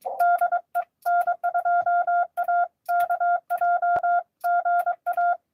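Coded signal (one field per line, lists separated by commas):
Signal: Morse code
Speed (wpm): 23 wpm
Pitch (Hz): 700 Hz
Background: none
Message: DE N2AKJ GA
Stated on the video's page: Live Parks on the Air CW activation at a state park.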